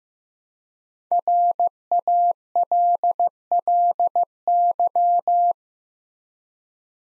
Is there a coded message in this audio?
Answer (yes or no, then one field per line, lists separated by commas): yes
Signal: Morse code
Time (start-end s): 1.1-5.5 s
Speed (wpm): 15 wpm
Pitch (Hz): 700 Hz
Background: none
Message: RALLY